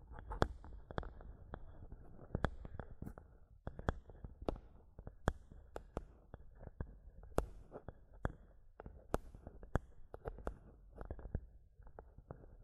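A microphone is tapped and scratched: sharp knocks land irregularly every half second or so over a constant low, grainy scraping rumble.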